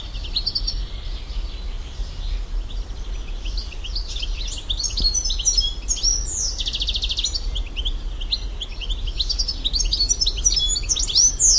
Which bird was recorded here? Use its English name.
European Goldfinch